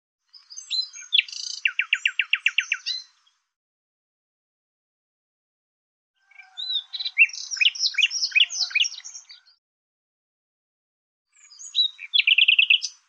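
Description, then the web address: Bird song: three high phrases, the first ending in a fast even trill, the second a varied chattering jumble, the third a short burst. "Deverinetal 2025"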